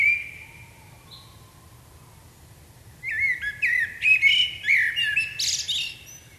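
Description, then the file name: Common blackbird: a few quieter notes first, then a loud phrase of warbling whistles ending in a shrill, squeaky flourish. "Turdus merula"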